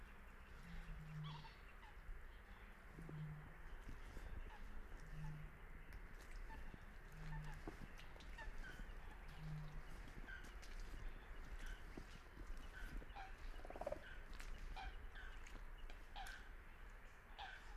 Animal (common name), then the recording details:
Common Crane. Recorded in the wild. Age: adult. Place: Kützerhof, Kummerower See, Mecklenburg-Vorpommern, DE. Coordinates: 53.8411, 12.8536. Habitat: wetland. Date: 2009-05-04 22:16. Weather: heiter, fast windstill, 6°C. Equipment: Sound Devices 702, Sennheiser MKH 70, Rycote Windschutz. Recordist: Frommolt, Karl-Heinz